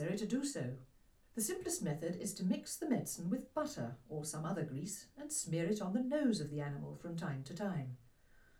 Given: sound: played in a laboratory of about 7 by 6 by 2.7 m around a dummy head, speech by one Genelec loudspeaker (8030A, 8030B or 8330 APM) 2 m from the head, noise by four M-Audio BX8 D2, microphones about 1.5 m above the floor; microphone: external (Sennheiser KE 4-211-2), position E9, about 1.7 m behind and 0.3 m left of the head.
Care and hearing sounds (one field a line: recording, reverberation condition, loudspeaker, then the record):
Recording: female speech in English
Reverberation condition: low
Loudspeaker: 30 degrees to the left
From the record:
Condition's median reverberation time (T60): about 310 ms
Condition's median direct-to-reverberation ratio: about 3.5 dB